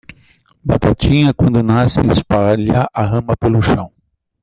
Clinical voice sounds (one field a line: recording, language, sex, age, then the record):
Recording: short text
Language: Brazilian Portuguese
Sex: male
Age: 50 to 59 years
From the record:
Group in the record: control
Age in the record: 56 years